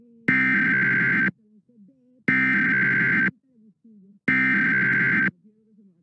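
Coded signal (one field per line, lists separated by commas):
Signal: Emergency Alert System (SAME) tones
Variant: header bursts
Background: speech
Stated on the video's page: 2021 nationwide EAS National Periodic Test, captured from broadcasts of several nearby radio and television stations.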